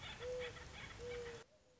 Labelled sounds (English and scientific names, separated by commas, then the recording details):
Mourning Dove (Zenaida macroura)
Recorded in Sonoma County, California